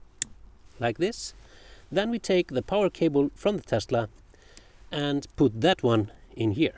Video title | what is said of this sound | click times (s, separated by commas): Tesla Model Y (2026) - Awesome Blind Spot Detection Light Strip | and listen for the click | 0.2 s